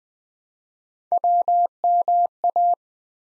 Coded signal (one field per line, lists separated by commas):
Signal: Morse code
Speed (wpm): 20 wpm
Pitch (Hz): 700 Hz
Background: none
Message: WMA